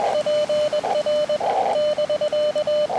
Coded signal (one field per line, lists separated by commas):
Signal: Morse code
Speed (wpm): 21 wpm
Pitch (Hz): 600 Hz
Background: radio noise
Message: PR <BK>